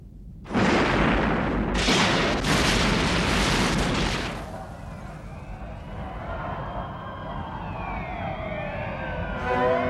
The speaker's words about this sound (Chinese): 罗夫丁地区的储油库发生了爆炸事件，研判可能是恐怖分子干的。